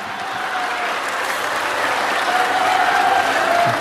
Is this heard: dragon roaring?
no